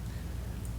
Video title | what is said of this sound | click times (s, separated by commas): Conbraco 4A-Series | click tells you, you saw how it popped up there at the end. | 0.7 s